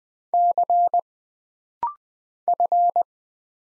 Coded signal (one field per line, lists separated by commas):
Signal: Morse code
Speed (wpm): 20 wpm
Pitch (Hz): 700 Hz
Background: none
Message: C F